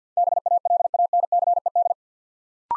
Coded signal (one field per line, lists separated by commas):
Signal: Morse code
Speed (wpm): 50 wpm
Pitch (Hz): 700 Hz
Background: none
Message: BALANCED